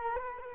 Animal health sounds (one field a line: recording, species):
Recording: mosquito wingbeat signal from an infrared sensor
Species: Culex quinquefasciatus